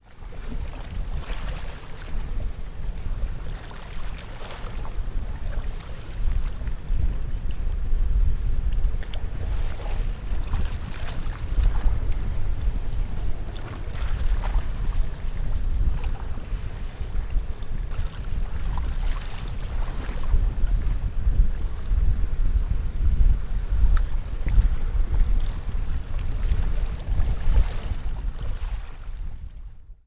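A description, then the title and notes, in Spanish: Recorded at Bocas de Ceniza on the Magdalena River, a deep, steady rumble like a boat engine or heavy wind fills the low end throughout. Brief hissing bursts of splashing water and gusts break through every few seconds over the constant drone. Bocas De Cenizas - Río Magdalena by Kellyn Parra Garcia.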